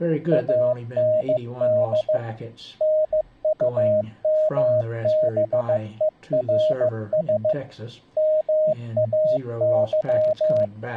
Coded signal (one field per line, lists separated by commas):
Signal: Morse code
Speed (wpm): 15 wpm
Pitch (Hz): 620 Hz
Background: speech, radio noise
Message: AND NUMBERS MAY